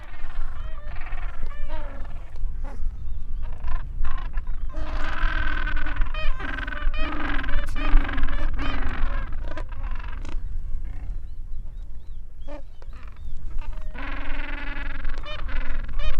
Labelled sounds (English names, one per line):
Gentoo Penguin call